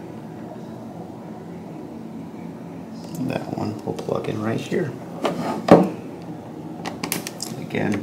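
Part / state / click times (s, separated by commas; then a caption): DisplayPort cable connector into docking station display port / not seated / none. A DisplayPort cable connector with a latch is handled at the display output port of a Lenovo ThinkPad USB-C with USB-A Dock while someone talks. Scraping, tapping handling noises build from about 3.3 s, with sharper knocks around 5.7 s and 7.0–7.4 s. The clip ends before the connector goes home, so nothing has seated or clicked yet.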